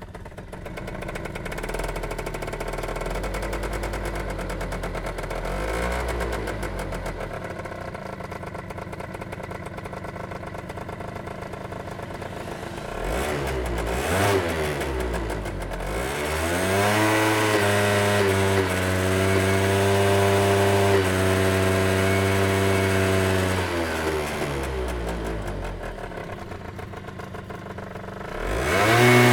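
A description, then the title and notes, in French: A moped engine runs steadily at a low, buzzing idle for the first dozen seconds, then revs up around the fifteen-second mark with a rising and falling whine. It holds a louder, higher drone through the later part and swells sharply right at the end. Mobylette. Kassoum Florian et Nadia ont enregistré les sons de la ville.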